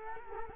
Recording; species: mosquito wingbeat signal from an infrared sensor; Culex quinquefasciatus